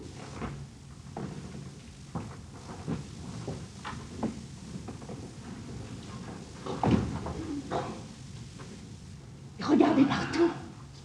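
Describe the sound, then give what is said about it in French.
A door is pulled shut: soft scattered knocks and creaks of handling, then a louder clunk with a brief rattle as it closes near the end. “Mais tirez cette porte avant qu'on vous les dise.”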